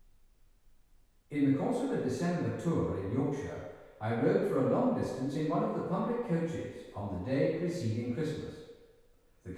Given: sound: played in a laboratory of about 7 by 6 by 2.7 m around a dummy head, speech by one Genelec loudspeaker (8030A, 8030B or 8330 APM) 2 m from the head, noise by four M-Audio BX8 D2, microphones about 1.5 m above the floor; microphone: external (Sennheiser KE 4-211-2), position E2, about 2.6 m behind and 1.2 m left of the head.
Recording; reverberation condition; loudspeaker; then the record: male speech in English; high; 120 degrees to the right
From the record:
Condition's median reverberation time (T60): about 1300 ms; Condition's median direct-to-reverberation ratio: about -4.0 dB